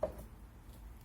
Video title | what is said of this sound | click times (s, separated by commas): AR-15 Barrel Install On Project Lich King | just like that it pops right in that little tit on the top goes right into the recess | 0.0 s